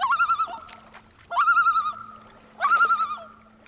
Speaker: gulls resting on the water look remarkably different from the common loon floating nearby.